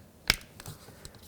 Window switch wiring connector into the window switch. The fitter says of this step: and tight and now the window switch reconnect it make sure it clicks